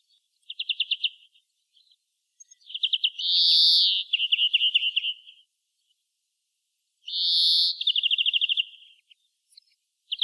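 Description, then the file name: European greenfinch calls: quick high trills and a drawn-out buzzy wheeze, repeated in two bouts, each ending in a fast rattling series of notes. "Chloris chloris"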